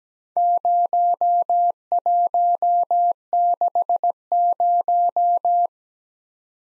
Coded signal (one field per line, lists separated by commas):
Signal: Morse code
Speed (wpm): 17 wpm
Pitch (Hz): 700 Hz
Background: none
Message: 0160